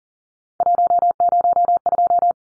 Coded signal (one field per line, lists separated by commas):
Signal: Morse code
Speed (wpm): 40 wpm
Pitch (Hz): 700 Hz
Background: none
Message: 102